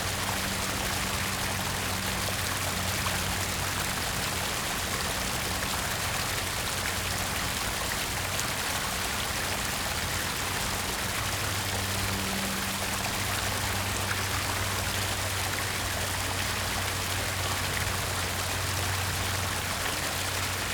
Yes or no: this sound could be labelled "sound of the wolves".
no